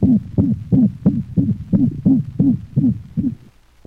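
Dog heart by stethoscope. Musical systolic murmur (systolic whoop) with each beat. The whoop varies in frequency and may alternate with the more common mixed holosystolic murmur of mitral insufficiency.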